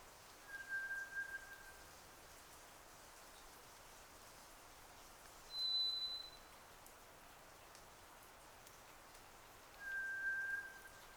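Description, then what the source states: White's thrush song: monotone whistles alternating low, high, then low again, spaced about four to five seconds apart, with rain falling in the background. Recorded 31 May 2009 at 02:58, at night in rain.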